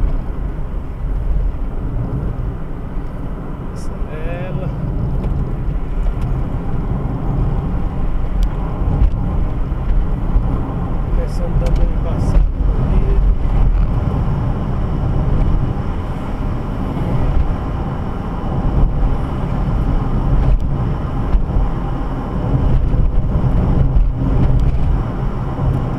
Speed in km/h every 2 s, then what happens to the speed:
58, 60, 62, 64, 65, 66, 67, 68, 69, 71, 70, 70, 71.
0-26 speeds up to 71.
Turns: none.